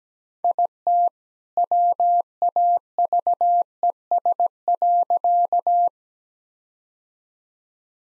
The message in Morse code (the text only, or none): IT WAVES.